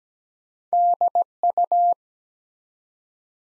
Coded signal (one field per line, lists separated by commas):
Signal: Morse code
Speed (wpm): 17 wpm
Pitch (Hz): 700 Hz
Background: none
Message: DU